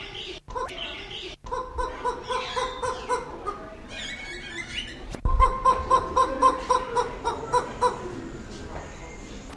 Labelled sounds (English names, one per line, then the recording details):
Greater Roadrunner call
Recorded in captivity
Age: adult
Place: Zoo Berlin, Berlin, DE
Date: 1994-05-07 11:56
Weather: heiter, 12-18°C
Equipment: Marantz CP 430, Sennheiser ME 80, Kopie Uher Variocord 263
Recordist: Tembrock, Günter